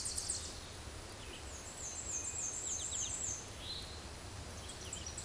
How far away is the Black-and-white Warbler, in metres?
about 20 m